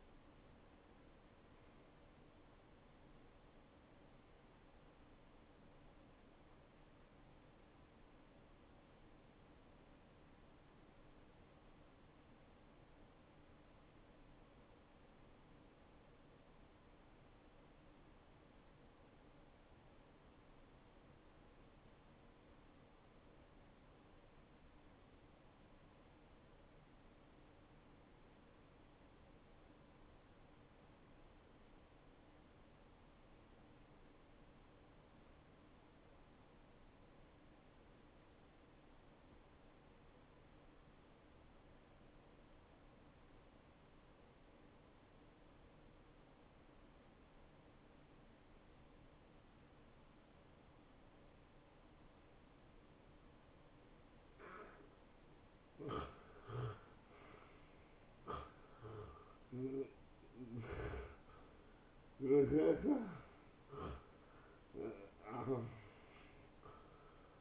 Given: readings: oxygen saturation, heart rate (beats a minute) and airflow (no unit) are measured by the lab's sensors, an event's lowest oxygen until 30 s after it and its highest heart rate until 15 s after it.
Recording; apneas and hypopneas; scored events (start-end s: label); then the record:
breathing in sleep by a voice recorder at the bedside; 1
9.00-53.60 s: obstructive apnea (N1, oxygen 94% highest, then 84% lowest, heart rate 66 at the start, 78 highest)
25.00-55.00 s: new sleep stage, N2 (light sleep)
55.00-67.41 s: new sleep stage, N1 (lightest sleep)
From the record:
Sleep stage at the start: N1 (lightest sleep); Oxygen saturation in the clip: 86 to 94%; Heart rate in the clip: 54 to 77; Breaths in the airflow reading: 5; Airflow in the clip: -17.4 to 9.5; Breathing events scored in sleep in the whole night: 263 in 5.5 hours asleep